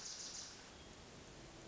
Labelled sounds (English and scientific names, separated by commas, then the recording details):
Hermit Thrush (Catharus guttatus)
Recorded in Sonoma County, California